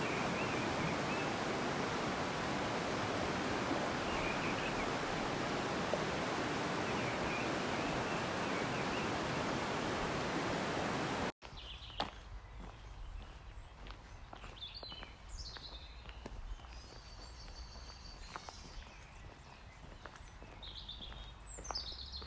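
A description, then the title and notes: Birdsong along the woods, first buried under a loud, steady rush like running water, with only faint chirps showing through. Just past the midpoint it cuts abruptly to a quieter scene where high bird calls and whistles come clearly, with scattered soft ticks and a low hum underneath. Birdsong along the woods by Gem River.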